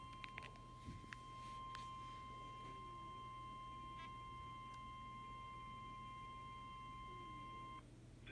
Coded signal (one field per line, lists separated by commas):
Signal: Emergency Alert System (SAME) tones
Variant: 1050 Hz attention tone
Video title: EAS Severe T Storm Warning NOAA Weather Radio App for Beaufort SC.